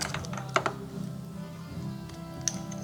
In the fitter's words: I heard a click. That one's in there.